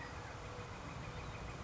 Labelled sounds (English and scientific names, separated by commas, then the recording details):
California Quail (Callipepla californica)
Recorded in Sonoma County, California